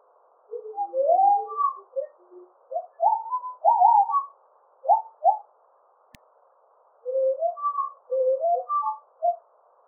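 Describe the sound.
Agile gibbon call with a run of rising, looping whooped notes, a pause broken by a single click, then a further burst of hoots.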